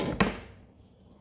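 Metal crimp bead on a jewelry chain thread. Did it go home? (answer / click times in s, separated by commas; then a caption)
yes / 0.2 s. A small metal crimp lock bead on the thread of an invisible jewelry chain is pressed tight, giving one sharp click at 0.2 s followed by a short fading ring and a faint tick near 1.1 s. The bead is now locked shut and will not move along the thread.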